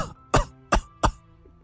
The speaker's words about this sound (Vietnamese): Thế ông Hai liên tục ho khụ khụ, cô lại liền lo lắng hỏi: "Thầy, thầy thấy trong người không được khỏe à?" Ông Hai mỉm cười mà đáp: "Ta không sao, bệnh tuổi già thôi mà. Năm nay ta cũng đã 80 rồi